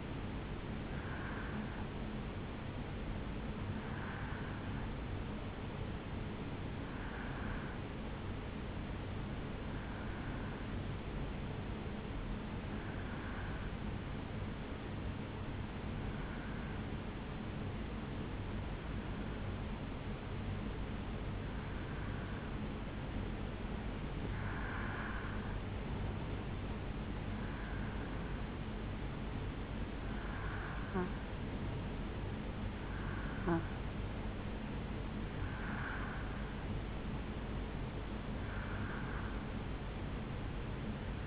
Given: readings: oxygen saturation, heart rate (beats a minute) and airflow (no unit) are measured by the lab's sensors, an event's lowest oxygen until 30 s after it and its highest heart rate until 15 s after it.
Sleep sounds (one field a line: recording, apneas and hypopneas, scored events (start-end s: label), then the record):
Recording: breathing in sleep by a voice recorder at the bedside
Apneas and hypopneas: 1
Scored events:
5.00-33.70 s: hypopnea (N1, oxygen 94% highest, then 87% lowest, heart rate 61 at the start, 71 highest)
From the record:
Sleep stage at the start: N1 (lightest sleep)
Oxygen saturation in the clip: 84 to 94%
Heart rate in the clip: 61 to 71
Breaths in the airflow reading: 14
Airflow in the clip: -2.9 to 2.1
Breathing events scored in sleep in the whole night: 449 in 7.0 hours asleep